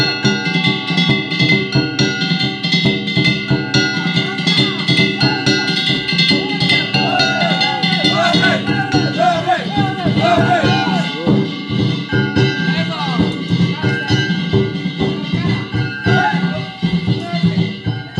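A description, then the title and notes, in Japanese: A danjiri festival float in Osaka plays its chin-chin don-don rhythm: bright bells or gongs ring continuously over steady booming drums. Voices shout and chant throughout, rising in the middle, and the dense, loud din stays unbroken for the whole stretch. 大阪のダンジリ。大阪の夏の風物詩ともいえますね。ダンジリの奏でるチンチンドンドンという音色。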